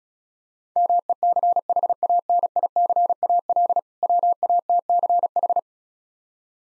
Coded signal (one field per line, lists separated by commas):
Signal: Morse code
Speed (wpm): 36 wpm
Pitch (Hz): 700 Hz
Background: none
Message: MECHANICAL WATCH